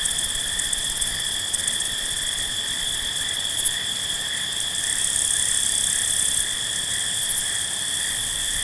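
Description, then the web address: Field crickets produce a constant high trilling chorus with no pauses. Field crickets at night. "Dr Sound Effects. Field Crickets At Night"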